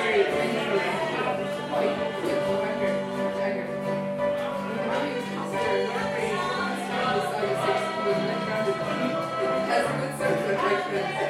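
A group sing-along at Tigh Ruairi on Inis Oírr, with voices joining together in a steady, continuous song. The sound stays full and even throughout, with sustained held notes and a dense blend of singers and chatter that never drops out.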